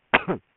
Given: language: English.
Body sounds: throat vibration sensor signal played as sound; cough

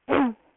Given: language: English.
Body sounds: throat vibration sensor signal played as sound; throat clearing

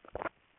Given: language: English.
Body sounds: throat vibration sensor signal played as sound; swallow

